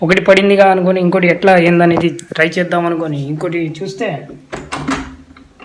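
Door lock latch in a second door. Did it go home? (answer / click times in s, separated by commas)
yes / 4.7 s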